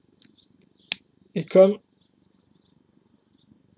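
A plastic LEGO brick weapon assembly is pushed onto small bar clips on a LEGO Galaxy Squad Vermin Vaporizer model, with faint light taps around 0.2 s and then a single sharp click at 0.9 s as the weapon seats onto the clip. Someone then talks briefly.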